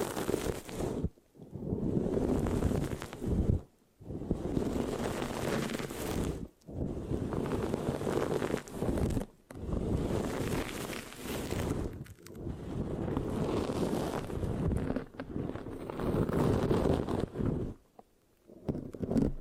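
Mic scratching with a sticky, rough texture comes in dense, rumbling bursts of two to three seconds, separated by brief silent pauses roughly every few seconds. Deep, thumping scrapes sit under crackly, hissing detail, and no voice is heard.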